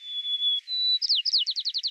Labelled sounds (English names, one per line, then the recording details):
White-crowned Sparrow song
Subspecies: nuttalli
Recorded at Battery East, California, in 2013
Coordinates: 37.806, -122.471
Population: north
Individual beC_13